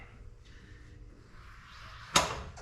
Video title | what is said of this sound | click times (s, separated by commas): Our Repo Jeep LJ on 37's gets a BUILT front Dana 44! OX Locker! 5.38's! Trussed! | And you can hear it latch. | 2.2 s